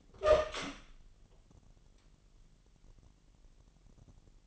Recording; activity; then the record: daily activity, microphone in the room; open door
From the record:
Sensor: 4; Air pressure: 999.2 hPa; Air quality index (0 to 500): 118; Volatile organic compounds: 2 ppm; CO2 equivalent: 1158 ppm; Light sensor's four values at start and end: 12/30/12/13 and 13/32/13/14